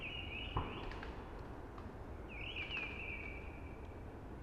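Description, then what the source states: Blackbird song: a short fluty phrase, then a longer warbling phrase trailing off, with a click and soft rushing wind behind. Early singing among hushing conifers.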